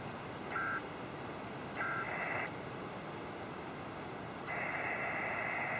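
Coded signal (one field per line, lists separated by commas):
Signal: HF data modem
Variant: PACTOR-II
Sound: two brief warbling data bursts, then a continuous buzzy data tone over hiss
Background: radio static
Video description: P2 mode was used for this connection because of the 30m frequency (Canadian Regs!).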